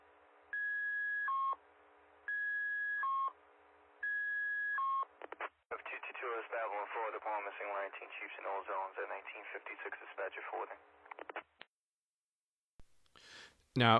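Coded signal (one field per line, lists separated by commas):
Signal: two-tone page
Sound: three beep pairs, each a long steady tone dropping to a short lower tone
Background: radio voice talking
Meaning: Alert pages for the chiefs, the generals and the rescue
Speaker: it's a set of tones it's only going to set off three uh types of pages the Chiefs the generals and I believe the rescue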